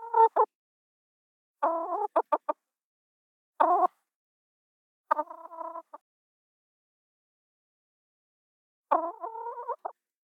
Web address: chicken cluck misc